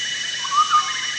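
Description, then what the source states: Chestnut-backed scimitar babbler with one brief, clear whistled phrase of two quick notes, set against a constant shrill background. Danum, 1 April 2006.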